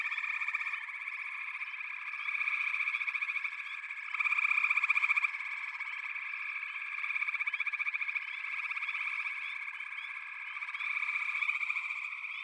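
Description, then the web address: Frogs calling in chorus, fast pulsed trills swelling and fading in waves, with louder bursts every few seconds over a continuous high drone. "The Natural Sounds of the Wilderness. Echoes of Nature - Frog Chorus"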